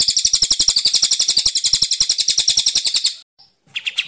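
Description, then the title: Bird song: a fast run of sharp, high chirps repeated for about three seconds, a brief pause, then the chirping starts again. Masteran training recording used to teach songbirds. "Masteran Burung"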